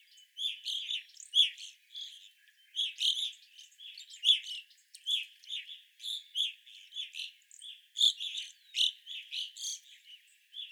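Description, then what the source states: Evening grosbeaks giving a busy chorus of short, ringing chirps, overlapping calls tumbling irregularly throughout with barely a pause. Several evening grosbeaks recorded on 25 April 2021.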